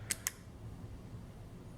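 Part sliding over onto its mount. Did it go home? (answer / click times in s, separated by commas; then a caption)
yes / 0.1 s, 0.3 s. A part is slid over onto its mount on a 2014 Ultra Classic motorcycle fitted with Dominator Meathook handlebars. Two quick, sharp clicks ring out at 0.1 s and 0.3 s over a low background hum as it pops into place, seated.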